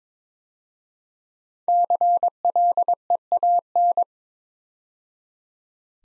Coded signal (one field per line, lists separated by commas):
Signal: Morse code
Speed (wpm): 22 wpm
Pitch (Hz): 700 Hz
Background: none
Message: CLEAN